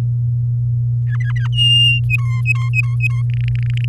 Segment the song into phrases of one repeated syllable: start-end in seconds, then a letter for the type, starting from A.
1.07-1.48 A, 1.52-2.00 B, 2.09-3.22 C, 3.30-3.85 D